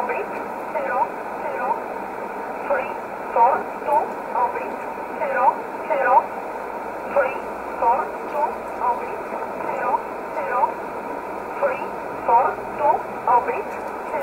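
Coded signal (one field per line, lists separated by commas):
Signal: numbers station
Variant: E11 Oblique, English voice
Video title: 24 06 2020 E11 Oblique Numbers station in English 0746 on 15720 unknown tx site in USB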